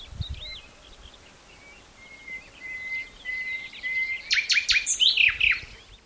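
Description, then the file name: Common nightingale song: quiet whistled notes and soft steady tones, ending in a burst of loud sharp sweeping notes over faint background noise. "Luscinia megarhynchos"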